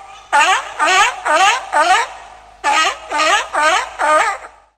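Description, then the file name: Harbour seal calls: wavering, nasal bleating notes rising and falling, eight in two series of four, each about half a second long. "seehund"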